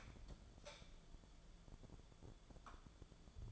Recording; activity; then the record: daily activity, microphone in the room; light off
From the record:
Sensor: 5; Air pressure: 1010.3 hPa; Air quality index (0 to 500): 112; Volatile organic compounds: 2 ppm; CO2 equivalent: 1107 ppm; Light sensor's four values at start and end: 514/1321/545/617 and 514/1318/544/616